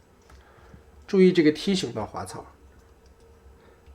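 A plastic side panel is clipped into the leg of a transforming plastic combiner robot toy, giving a single short snap at 0.3 s. Someone then talks. The part clips into place and is seated.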